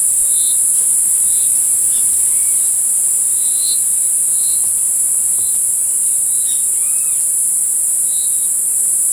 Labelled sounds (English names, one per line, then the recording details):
none
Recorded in forest near Pivijay, Magdalena, Colombia, on 14 April 2023 at 15:00
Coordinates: 10.467, -74.380
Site Z5-G034